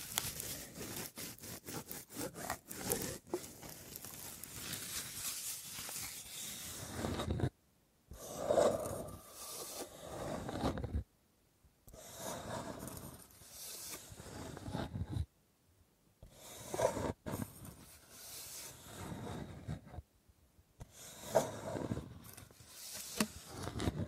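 Wood triggers: sharp, rapid tapping fills the first few seconds, then gives way to bursts of dense scratching and rubbing. Each textured stretch lasts a few seconds and is separated by brief silent gaps, with a few isolated clicks between.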